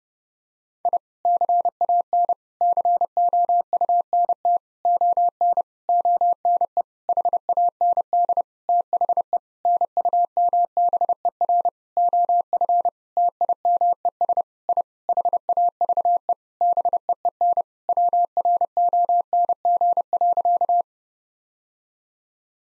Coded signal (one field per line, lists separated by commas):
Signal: Morse code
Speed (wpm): 30 wpm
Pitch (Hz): 700 Hz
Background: none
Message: I CAN COUNT ON ONE HAND THE NUMBER OF TIMES I HAVE BEEN WRONG.